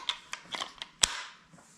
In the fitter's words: clicks into place it doesn't really fall out however like its little brother